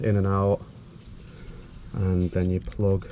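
A wired plastic connector plug is handled near its mating connector socket while someone talks in short bursts, with quiet handling noise in between. Nothing has seated or clicked yet; the plug has not gone home in the socket by the end of the clip.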